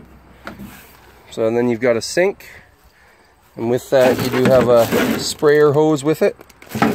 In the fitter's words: pull out kitchen so this pulls out it locks into place on the side here